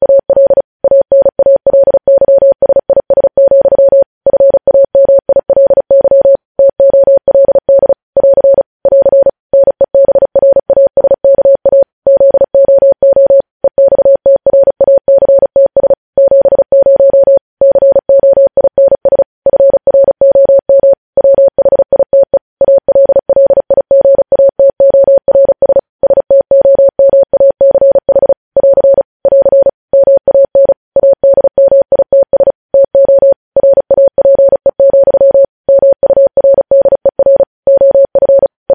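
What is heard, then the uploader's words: Morse code beeps on a single steady mid-pitched tone, keyed in rapid continuous bursts with brief gaps, clear and close throughout. Morse code transcription.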